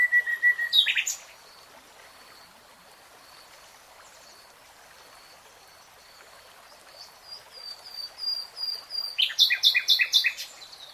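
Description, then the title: Nightingale song with a short whistled phrase, a quiet stretch of faint high notes, then a rapid series of loud chattering notes. Nightingale singing in real time. "[Tiếng chim hót] 3 Hours REALTIME Nightingale Singing"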